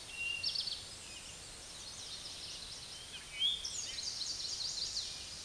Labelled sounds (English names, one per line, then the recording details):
Eastern Towhee song
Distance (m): 20 m
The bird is about 5 m above the microphone
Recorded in a Pennsylvania forest on 16 May 2024 at 06:30
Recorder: AudioMoth, point MSD-2304
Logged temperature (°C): 16.0 °C
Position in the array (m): 230 m, 166 m